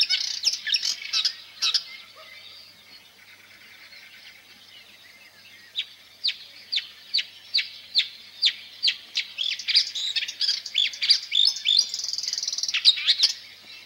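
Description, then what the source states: Marsh warbler song: a burst of scratchy chatter, a pause of nearly four seconds, then a run of sharp repeated notes building into fast, varied, twittering phrases. Nests in green hedges and willow thickets; its simple song is decorated with fragments borrowed from other birds.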